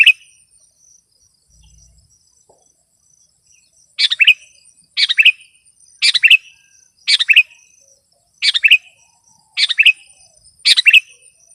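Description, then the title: Sooty-headed bulbul song: one quick liquid phrase opens, then after a pause brief bubbling phrases repeat about once a second. A thin steady high whine sounds behind them. "kutilang"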